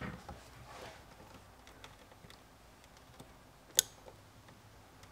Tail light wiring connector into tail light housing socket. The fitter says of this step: that was a satisfying click.